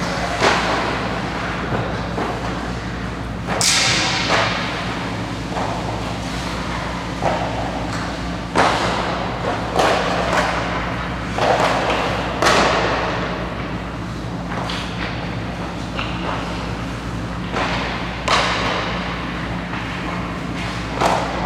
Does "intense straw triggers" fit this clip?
no